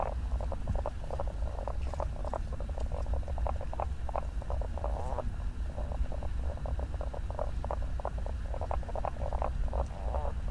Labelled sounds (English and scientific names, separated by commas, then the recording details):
Common Spadefoot (Pelobates fuscus) call
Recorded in the wild
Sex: male
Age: adult
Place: Hobrechtsfelder Rieselfelder, Naturpark Barnim, Berlin, DE
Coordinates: 52.667, 13.473
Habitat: lake
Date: 2012-04-25 21:05
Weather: air 10 °C, water 10 °C, sunny, weak winds
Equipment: Sound Devices 702, Sennheiser MKH 415 T, Rhode Windschutz
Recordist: Frommolt, Karl-Heinz